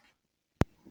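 A brush is pushed into place on the body of a Yui S7 robot vacuum. After faint low rustling, a single sharp plastic click sounds at 0.6 s, followed by soft low handling noise. The brush is seated.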